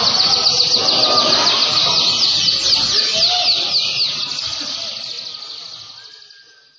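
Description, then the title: Canary delivers a dense, rapid high trill that runs on without pause and slowly fades away. Cengkok song style, a canary song pattern sought by contest judges. "Cengkok kenari mewah yang di cari juri"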